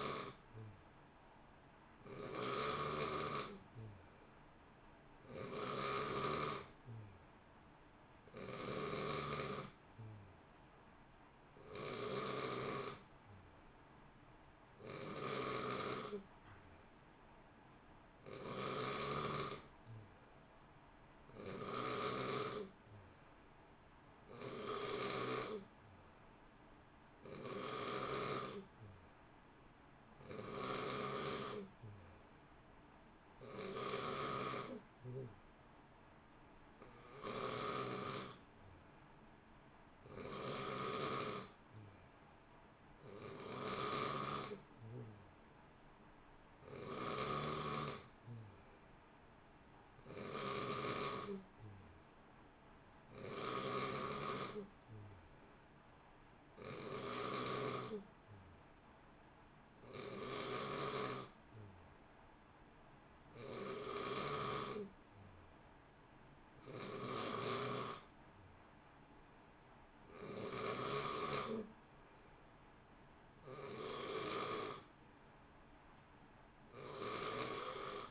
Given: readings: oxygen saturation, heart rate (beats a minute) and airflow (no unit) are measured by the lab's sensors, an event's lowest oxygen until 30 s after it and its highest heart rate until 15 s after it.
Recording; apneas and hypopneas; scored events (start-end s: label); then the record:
breathing in sleep by a voice recorder at the bedside; none
none scored
From the record:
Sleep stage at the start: N2 (light sleep); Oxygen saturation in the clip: 89 to 91%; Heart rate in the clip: 58 to 64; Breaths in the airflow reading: 24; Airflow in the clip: -0.7 to 0.9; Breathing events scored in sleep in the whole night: 328 in 6.3 hours asleep